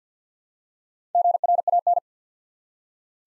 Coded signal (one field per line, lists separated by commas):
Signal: Morse code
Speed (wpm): 50 wpm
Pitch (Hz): 700 Hz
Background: none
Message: GRAN